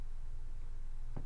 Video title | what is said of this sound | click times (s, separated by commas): Amphibdialchange 2 | clown screw that down and you'll hear it snap you'll hear that nice little reassuring snap of that | 1.2 s